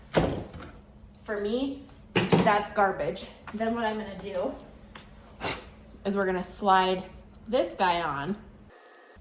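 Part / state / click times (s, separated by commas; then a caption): metal mortise-conversion plate sliding onto a wooden door / not seated / none. A metal mortise-conversion plate is handled before being slid onto a wooden door around the old mortise opening while someone talks. A few short knocks are heard at about 0.6 s and 5.0 s. The plate has not seated or clicked into place yet.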